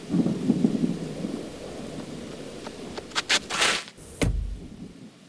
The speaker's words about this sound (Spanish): Que ya estoy súper calada, mano. En plan, estoy mojada entera. Empezaba a llover, mazo, mazo, mazo.